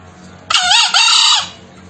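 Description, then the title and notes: Green junglefowl crow, a loud, rasping, two-part burst about a second long over a quiet background. Kokok call of green junglefowl, a master lure recording for trapping, meant to make wild junglefowl that will not call answer back. "Kokok Ayam Hutan. MASTERAN AYAM HUTAN HIJAU YANG MACET BUNYI WAJIB NYAUT. Pemikat Ayam Hutan"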